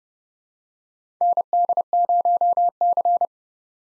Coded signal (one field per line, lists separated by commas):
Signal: Morse code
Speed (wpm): 30 wpm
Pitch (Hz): 700 Hz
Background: none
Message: ND0C